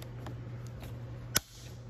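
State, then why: Torque reached. The swing bolt on a Yakima Baseline roof rack tower, installed with HD Bars, is fully tightened until its torque limiter gives three clicks. Over a steady low hum, faint ticks come at 0.0, 0.3 and 0.7 seconds, then one sharp, loud torque-limiter click at 1.4 seconds. The bolt is tightened to its torque limit, as confirmed.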